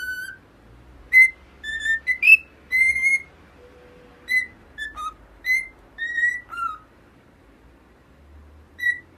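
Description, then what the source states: Cockatiel whistles: scattered clear notes, some gliding upward or dropping, separated by quiet stretches, ending with a single note. Several cockatiels singing, whistling.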